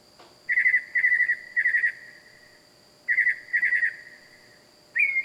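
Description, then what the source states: Bird calls at night: rapid trilled phrases in clusters with a short pause between groups, over a steady high tone. Loud bird calling at night, wild.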